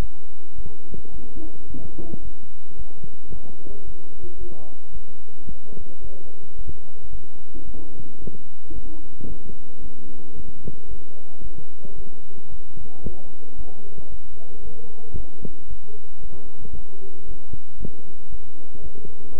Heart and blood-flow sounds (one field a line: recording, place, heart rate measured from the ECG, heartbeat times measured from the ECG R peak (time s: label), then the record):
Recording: heart sounds by stethoscope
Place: between the tricuspid and mitral areas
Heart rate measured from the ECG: 112 bpm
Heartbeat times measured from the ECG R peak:
0.56 s: heartbeat
1.12 s: heartbeat
1.68 s: heartbeat
2.23 s: heartbeat
2.77 s: heartbeat
3.31 s: heartbeat
3.85 s: heartbeat
4.38 s: heartbeat
4.92 s: heartbeat
5.47 s: heartbeat
6.02 s: heartbeat
6.56 s: heartbeat
7.11 s: heartbeat
7.65 s: heartbeat
8.20 s: heartbeat
8.74 s: heartbeat
9.28 s: heartbeat
9.82 s: heartbeat
10.36 s: heartbeat
10.89 s: heartbeat
11.42 s: heartbeat
11.96 s: heartbeat
12.50 s: heartbeat
13.03 s: heartbeat
13.56 s: heartbeat
14.10 s: heartbeat
14.63 s: heartbeat
15.16 s: heartbeat
15.68 s: heartbeat
16.21 s: heartbeat
16.74 s: heartbeat
17.26 s: heartbeat
17.78 s: heartbeat
18.30 s: heartbeat
18.82 s: heartbeat
19.33 s: heartbeat
From the record:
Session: bicycle stress test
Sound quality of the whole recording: good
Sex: male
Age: 23 years